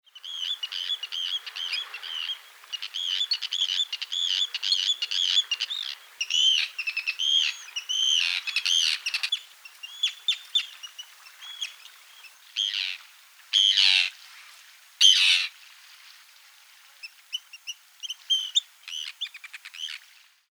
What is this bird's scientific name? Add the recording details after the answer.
Sterna paradisaea. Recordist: Frommolt, Karl-Heinz. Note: Flugrufe